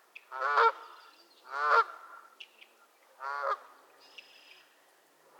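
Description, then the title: Goose: geese giving harsh, nasal honks in three loud bursts, with fainter squeaky notes and a thin high whine after them. Several geese squabbling at Miner's Marsh, Annapolis Valley, Nova Scotia. "Theraphonia - Geese at Miner's Marsh"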